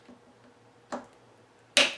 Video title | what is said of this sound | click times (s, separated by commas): "Long Range Rifle Build On A Budget" Part #2 | and here it click that's on there that's good to go | 1.8 s